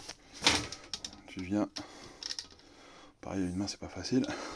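A plastic Geberit Setaplano shower drain is turned over and pushed one-handed toward the underside of the shower tray support frame while someone talks. Brief knocks and taps come around 0.5–1.1 s and again around 2.3–2.6 s as the plastic is handled. Nothing has seated or clicked into place yet.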